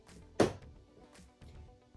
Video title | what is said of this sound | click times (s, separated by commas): LANGRIA STORAGE /HANDBAG DISPLAY! | did you hear that that is it clicked in | 0.4 s